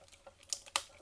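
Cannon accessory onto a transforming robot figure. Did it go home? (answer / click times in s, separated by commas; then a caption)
yes / 0.8 s. A plastic cannon accessory is lined up with the cutouts on a Transformers Masterpiece MP-36 Megatron transforming robot figure and slid forward. A few faint plastic ticks and a sharper tick at 0.5 s are followed by a loud, crisp snap at 0.8 s. The cannon clicks into place and stays on unless it is removed.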